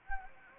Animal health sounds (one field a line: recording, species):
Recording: mosquito wingbeat signal from an infrared sensor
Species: Anopheles gambiae